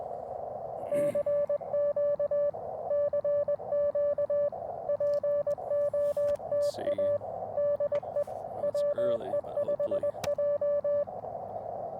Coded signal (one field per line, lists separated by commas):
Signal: Morse code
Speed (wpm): 20 wpm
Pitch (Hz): 580 Hz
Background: radio noise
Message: CQ CQ POTA DE WE5J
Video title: Black Friday CW POTA at W. Goodrich State Park KX2 & AX1